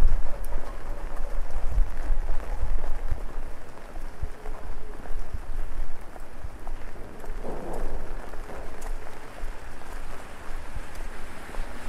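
Rain patters steadily on an umbrella while city traffic rumbles low and constant underneath. Small drops tick throughout, and a louder swell of passing noise rises around the eighth second before settling back into the even wash of street sound.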